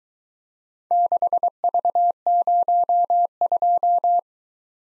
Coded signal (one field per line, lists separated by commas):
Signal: Morse code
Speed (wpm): 22 wpm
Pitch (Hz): 700 Hz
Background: none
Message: 6V02